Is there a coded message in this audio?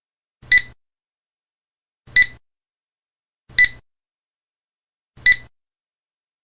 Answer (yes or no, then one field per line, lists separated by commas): no